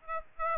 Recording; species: mosquito wingbeat signal from an infrared sensor; Aedes aegypti